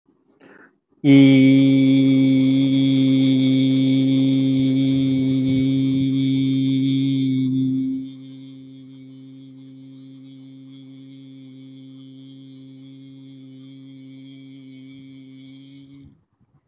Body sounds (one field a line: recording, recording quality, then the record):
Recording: sustained vowel as in beet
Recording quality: excellent, no background noise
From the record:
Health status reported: healthy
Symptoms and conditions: hypertension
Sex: male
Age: 44 years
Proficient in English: yes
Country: India